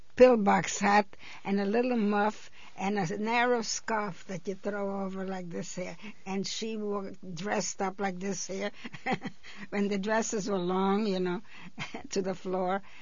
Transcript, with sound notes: pill box hat, and a little muff, and a narrow scarf that you throw over like this here. And she wore it dressed up like this here. (she laughs) When the dresses were long, you know, to the floor.